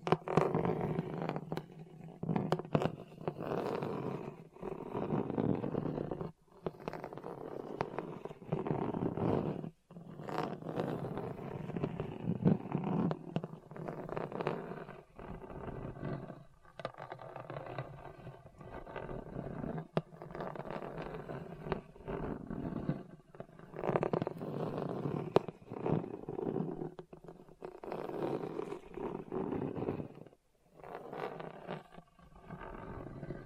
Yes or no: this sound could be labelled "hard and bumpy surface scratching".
yes